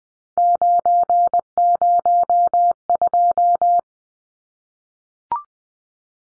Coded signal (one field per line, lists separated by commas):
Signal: Morse code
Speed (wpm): 20 wpm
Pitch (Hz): 700 Hz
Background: none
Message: 902